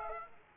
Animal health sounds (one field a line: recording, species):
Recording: mosquito wingbeat signal from an infrared sensor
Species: Aedes aegypti